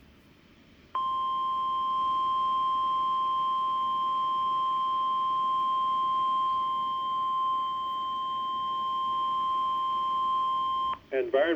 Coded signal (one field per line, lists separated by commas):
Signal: Emergency Alert System (SAME) tones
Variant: 1050 Hz attention tone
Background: speech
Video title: (EAS #89) Rainfall Warning 12/13/2019